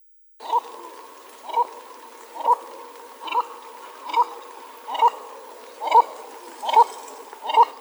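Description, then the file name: Baikal teal giving a low clucking note, repeated steadily about once a second, nine times in all, over a soft hiss. "CHirok Kloktun"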